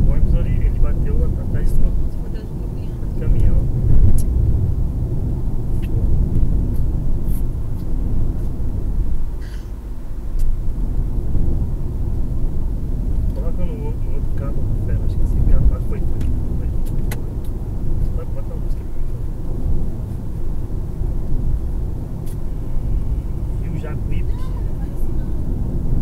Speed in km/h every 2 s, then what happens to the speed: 63, 65, 66, 67, 68, 69, 69, 70, 70, 71, 71, 70, 70.
0-26 steady at about 69.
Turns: none.